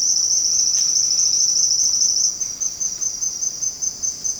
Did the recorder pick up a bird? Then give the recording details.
yes. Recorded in secondary vegetation near Puerto Asís, Putumayo, Colombia, on 8 March 2025 at 08:00. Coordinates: 0.485, -76.322. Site G040